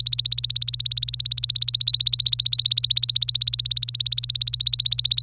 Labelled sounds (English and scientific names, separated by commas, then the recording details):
Domestic Canary (Serinus canaria) song
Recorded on 26 April 2018 at 10:14
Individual llb3